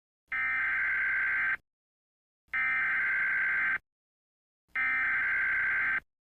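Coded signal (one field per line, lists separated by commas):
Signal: Emergency Alert System (SAME) tones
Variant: header bursts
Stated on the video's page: Fictional EAS scenario about a hurricane striking Miami.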